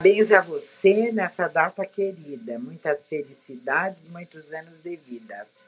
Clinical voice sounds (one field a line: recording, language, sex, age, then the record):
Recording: short text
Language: Brazilian Portuguese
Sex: female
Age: 70 to 79 years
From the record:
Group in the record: control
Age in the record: 71 years